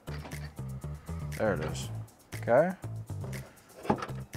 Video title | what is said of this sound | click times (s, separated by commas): Tesla Gen 3 Wall Connector DIY Installation with NEMA 6-50 Outlet | Plug it in. It locked. | 3.9 s